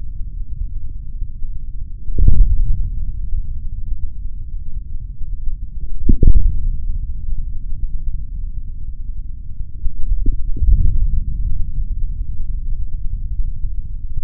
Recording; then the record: forearm muscle sounds (acoustic myography)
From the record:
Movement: forearm supination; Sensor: system 3, bracelet of six PUI Audio POM-2738L microphones around the upper forearm, with dedicated amplification and filtering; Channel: 1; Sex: male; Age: 26 years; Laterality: right